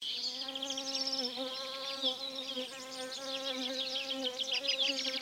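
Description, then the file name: Bees buzzing as a continuous low hum with bright overtones, wavering gently. "Bienen"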